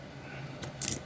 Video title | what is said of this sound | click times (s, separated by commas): Frankentrain Laboratories O Rolling Road | Oh, I didn't push it down. It sort of snaps in place. | 0.8 s